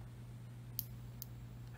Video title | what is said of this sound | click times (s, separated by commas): JY018 MicroSD Card Mod | And there's the click. | 0.8 s